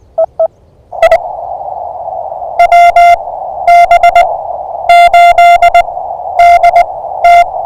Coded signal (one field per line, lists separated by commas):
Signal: Morse code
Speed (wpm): 21 wpm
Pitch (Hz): 660 Hz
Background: none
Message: EE IW B8DT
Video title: Early Bird Morse Code CW POTA Pileup 04242025